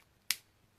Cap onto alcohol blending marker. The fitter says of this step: to hear that click ok so if you look at the back side you can see why I use the whisper white thick I will